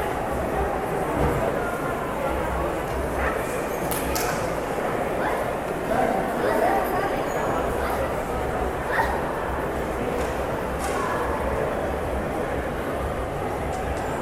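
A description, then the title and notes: Mall ambience: a dense, steady murmur of many overlapping voices with no single speaker standing out. A low rumble runs underneath throughout, and brief clicks and clatters pop up now and then, around four, nine and eleven seconds. MALL AMBIENT NOISE.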